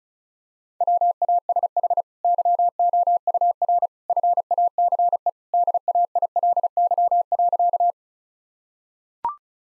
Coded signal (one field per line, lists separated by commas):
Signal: Morse code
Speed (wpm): 36 wpm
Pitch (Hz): 700 Hz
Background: none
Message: WASH YOUR FACE DAILY.